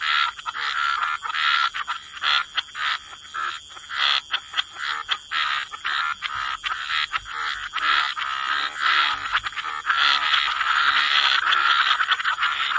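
Frogs croaking together, many rapid rattling pulses merging into a dense chorus that grows fuller toward the end, with a steady high hiss.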